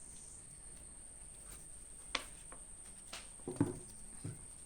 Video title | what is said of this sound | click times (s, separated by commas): Bateria de serviço na XTerra camper: instalando válvulas single-point em bateria tracionária | Ela faz um cliquezinho, mostrando que encaixou. | 2.2 s